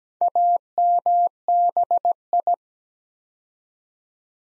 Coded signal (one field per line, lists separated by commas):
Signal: Morse code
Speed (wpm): 17 wpm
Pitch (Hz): 700 Hz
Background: none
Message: AMBI